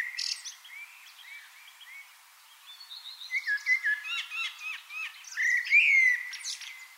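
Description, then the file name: Common blackbird song: fluty warbled phrases mixed with thin, squeaky high twitters, with short pauses between. "Turdus merula"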